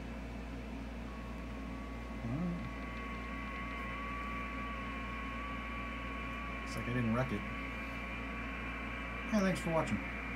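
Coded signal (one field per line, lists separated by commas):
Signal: FT8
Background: speech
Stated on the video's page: FT8 run on a Xiegu G90 under terrible band conditions.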